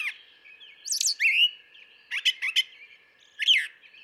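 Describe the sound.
Brown thrasher song: a burst of high scratchy notes, a rising slurred whistle, then a doubled harsh phrase and a final sharp note.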